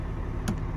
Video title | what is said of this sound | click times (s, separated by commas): Basic Controls Of Volvo A25G Articulated (Rock Truck) Dump Truck | it once you push forward it locks into place | 0.5 s